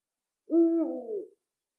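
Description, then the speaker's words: Eurasian eagle-owl hoot: one deep, booming note held steady, then sliding lower and wavering before fading, under a second long. Recording of an eagle-owl calling in the Jokioinen area, played on air. "Näin äänteli huuhkaja tässä näillä jokioisten kulmilla"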